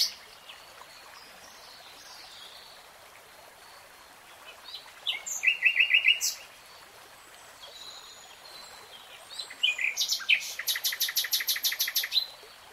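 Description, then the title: Nightingale song in two bursts separated by quiet, each a rapid rattling trill of repeated notes, with faint high whistles and a low steady background hiss. Nightingale singing in real time. "[Tiếng chim hót] 3 Hours REALTIME Nightingale Singing"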